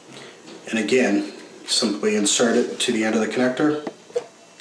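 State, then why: Seated. A push-action fiber cleaner, fitted with its adapter, is inserted onto the end of a launch cable connector while someone talks. It is pushed until its internal mechanism gives one short, sharp click at 4.2 s, and the cleaner is seated.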